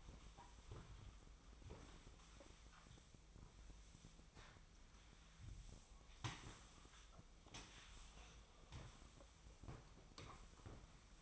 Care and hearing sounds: daily activity, microphone in the room; sweep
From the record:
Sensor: 1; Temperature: 24.0 degrees Celsius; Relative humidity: 35.2%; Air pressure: 1004.7 hPa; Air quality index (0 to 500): 97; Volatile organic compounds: 3 ppm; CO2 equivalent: 1324 ppm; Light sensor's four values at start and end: 6/13/5/6 and 8/20/8/9

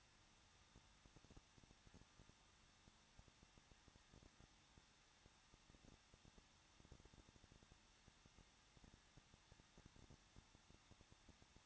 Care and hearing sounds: daily activity, microphone in the room; no activity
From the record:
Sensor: 3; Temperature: 21.2 degrees Celsius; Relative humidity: 36.3%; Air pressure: 1006.4 hPa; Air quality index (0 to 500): 221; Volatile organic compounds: 40 ppm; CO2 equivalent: 3149 ppm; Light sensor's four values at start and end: 2/3/2/2 and 2/3/2/2

